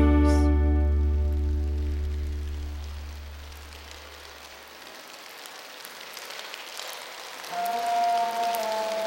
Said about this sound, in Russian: Похоже, вот-вот собирается дождь. Ветер гонит облака, по небу прячьтесь, прячьтесь. Начинается дождь, прячьтесь, начинается дождь.